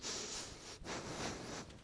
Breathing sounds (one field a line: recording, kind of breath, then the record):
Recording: one breath in and out by a microphone near the nose and mouth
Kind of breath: strong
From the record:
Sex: male